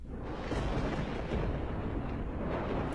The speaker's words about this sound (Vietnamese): Lúc này, ở trên tầng không, sấm sét đã tụ lại. Bất ngờ một tia sét đánh xuống trúng thẳng vào trung tâm của trận pháp. Tiếng nổ đùng đùng vang lên trên tầng không, đến đinh tai nhức óc.